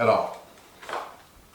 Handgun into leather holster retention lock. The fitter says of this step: it just won't lock the only reason this pistol is holding up here right now is because